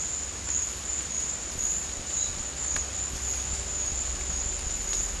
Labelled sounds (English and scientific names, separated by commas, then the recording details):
none
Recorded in dense forest near Puerto Asís, Putumayo, Colombia, on 21 December 2024 at 15:00
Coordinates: 0.466, -76.327
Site G075